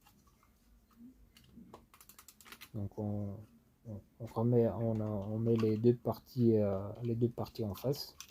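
The two plastic halves of an MT01 fuel pump assembly are placed facing each other and aligned before being pressed together, with a few faint light taps of handling around 1.7 to 2.5 seconds. Someone then talks. Nothing has clipped together or clicked yet.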